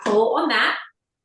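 A zucchini sits in the food holder of a plastic hand spiralizer as the lever is about to be pulled to lock it in. Someone talks briefly, then there is silence. Nothing has seated or clicked yet.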